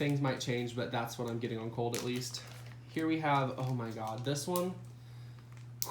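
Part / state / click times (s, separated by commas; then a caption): snap lid on a wax melt container / released / 5.8 s. Someone talks while handling a small plastic wax melt container, then barely opens its snap-on lid. A slight, sharp snap at 5.8 s marks the lid popping open.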